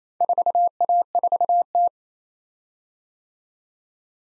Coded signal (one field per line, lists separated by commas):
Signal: Morse code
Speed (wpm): 32 wpm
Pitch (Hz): 700 Hz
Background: none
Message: 4A4T